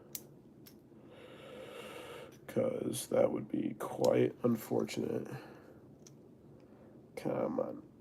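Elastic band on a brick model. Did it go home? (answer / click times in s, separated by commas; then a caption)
no / none. An elastic band from a Lego set is stretched and hooked over part of a Lego brick model while someone talks and strains, with a few faint ticks of handling. The clip ends before the band goes into place, and nothing has seated yet.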